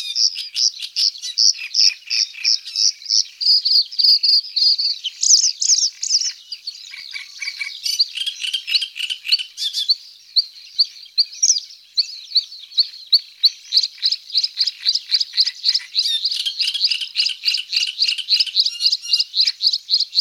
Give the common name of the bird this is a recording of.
Bluethroat